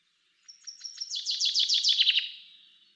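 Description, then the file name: Common chaffinch singing one phrase: a few thin opening notes, then a fast rattling trill that falls slightly in pitch, with no other clear sounds. "Fringilla coelebs"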